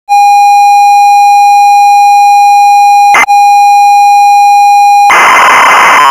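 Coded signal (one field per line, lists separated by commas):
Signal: ZX Spectrum tape loading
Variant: turbo loader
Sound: steady high buzzing lead tone, a brief click, then harsh raspy data screech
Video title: Sinclair ZX Spectrum - Batman (1986) (Ocean Software) 48K Turbo Loader 11 kbps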